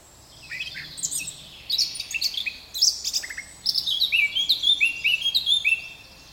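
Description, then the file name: Eurasian blackcap song opening with squeaky, chattering warbles and finishing in a string of rich, clear whistled notes that drop in pitch, delivered in quick succession. "Sylvia atricapilla"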